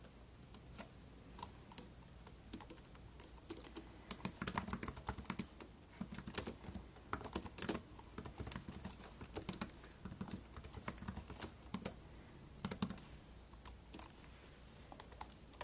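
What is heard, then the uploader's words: Typing on a keyboard: fast, irregular clicks and taps in dense bursts, with brief pauses near two and twelve seconds. Typing.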